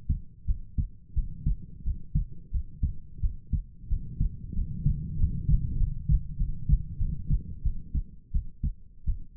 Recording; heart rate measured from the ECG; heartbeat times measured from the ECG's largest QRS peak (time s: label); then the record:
heart sounds by stethoscope; 91 bpm
0.45 s: heartbeat
1.14 s: heartbeat
1.83 s: heartbeat
2.51 s: heartbeat
3.20 s: heartbeat
3.88 s: heartbeat
4.54 s: heartbeat
5.17 s: heartbeat
5.77 s: heartbeat
6.36 s: heartbeat
6.98 s: heartbeat
7.62 s: heartbeat
8.31 s: heartbeat
9.04 s: heartbeat
From the record:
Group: healthy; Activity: rest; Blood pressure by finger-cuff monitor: 79/55 mmHg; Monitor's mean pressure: 63 mmHg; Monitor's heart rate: 92 bpm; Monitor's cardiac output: 7.1 L/min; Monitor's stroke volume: 76 mL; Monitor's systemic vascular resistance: 630 dyn s/cm5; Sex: female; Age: 19 years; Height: 163 cm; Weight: 48.9 kg